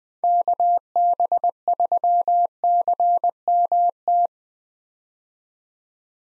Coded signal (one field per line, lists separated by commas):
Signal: Morse code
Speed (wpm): 20 wpm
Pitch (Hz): 700 Hz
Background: none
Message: KB3CMT